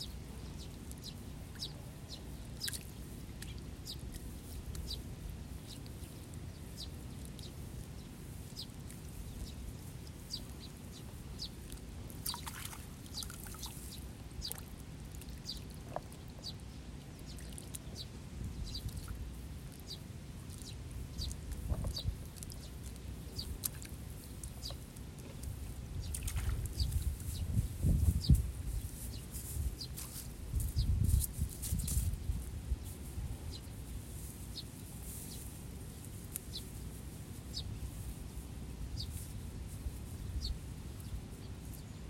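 Sparrows chirp busily and almost without pause across the whole clip, short bright calls repeating at an irregular fast pace. Under them runs a low, soft splashing and sloshing of paddy water, growing heavier between about 26 and 32 seconds.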